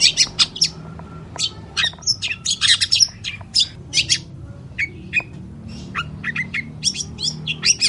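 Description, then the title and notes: Long-tailed shrike song: harsh scratchy squawks mixed with sharp chirps and short whistled notes, delivered in rapid irregular bursts with brief pauses, a low hum underneath. Morning song with varied 'toet toet' notes. "Cendet Gacor Dor Di Kala Pagi Toet Toet Variasi Suara. PANCINGAN CENDET MALAS BUNYI CENDET MACET CENDET STRESS. Burung cendet"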